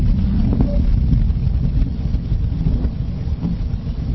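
Low, muffled whooshing heard through a stethoscope on an adult's chest during one big breath, with no wheeze or crackle standing out.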